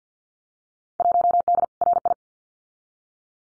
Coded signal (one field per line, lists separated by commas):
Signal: Morse code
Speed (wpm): 50 wpm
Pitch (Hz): 700 Hz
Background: none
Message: 1D RI